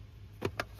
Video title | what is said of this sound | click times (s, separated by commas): How to Replace Cabin Filter Dodge Ram | and just clip it in on the other side like that. | 0.6 s